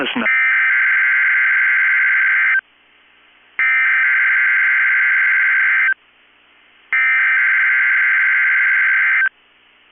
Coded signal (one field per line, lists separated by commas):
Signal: Emergency Alert System (SAME) tones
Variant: header bursts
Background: speech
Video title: 2/23/22 - KEC65 Required Weekly Test (EAS #366)